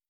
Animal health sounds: hydrophone in a shrimp aquaculture tank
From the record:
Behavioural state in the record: starved

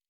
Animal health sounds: hydrophone in a shrimp aquaculture tank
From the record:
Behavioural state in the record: normal

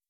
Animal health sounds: hydrophone in a shrimp aquaculture tank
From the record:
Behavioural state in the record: weakened

